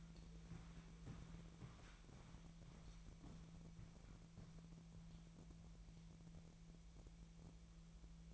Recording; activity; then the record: daily activity, microphone in the room; walk to room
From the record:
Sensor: 1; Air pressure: 1012.3 hPa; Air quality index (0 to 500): 193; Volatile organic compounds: 4 ppm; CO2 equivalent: 1551 ppm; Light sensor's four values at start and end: 74/177/75/78 and 75/178/75/78